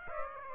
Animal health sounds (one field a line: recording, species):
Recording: mosquito wingbeat signal from an infrared sensor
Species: Aedes aegypti